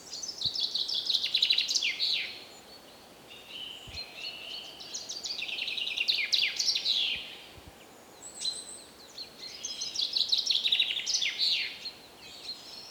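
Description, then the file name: Common chaffinch songs: three bright descending rattling phrases, each ending in a flourish, separated by pauses, with a thin high note between. "Fringilla coelebs"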